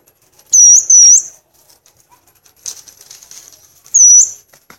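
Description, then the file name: Violaceous euphonia giving three high, clear whistled notes, two close together then one more after a pause, with faint soft rustling between. "canto do gaturamo verdadeiro"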